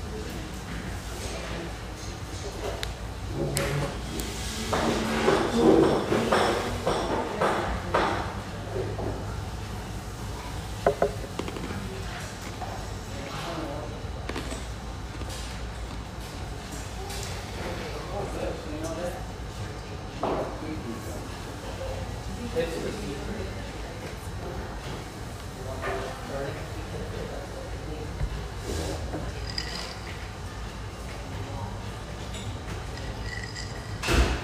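Steady murmur of voices fills an espresso house near the Vancouver riverfront, with overlapping chatter that rarely breaks. A busier, louder stretch comes around five to eight seconds, and scattered clinks and knocks surface throughout over a low constant hum.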